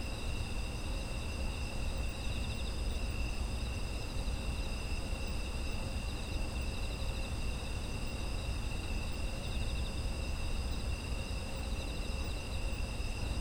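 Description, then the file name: Steady layered insect trilling, several shrill tones sounding continuously at once, above a persistent low rumble. Autumn insect ambient sound. "秋の虫の環境音"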